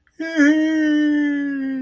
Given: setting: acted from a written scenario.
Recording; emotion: vocal sound without words; elation